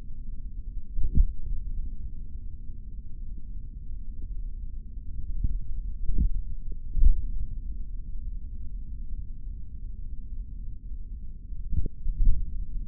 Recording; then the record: forearm muscle sounds (acoustic myography)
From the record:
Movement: tripod grip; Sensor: system 3, bracelet of six PUI Audio POM-2738L microphones around the upper forearm, with dedicated amplification and filtering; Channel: 2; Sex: male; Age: 26 years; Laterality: right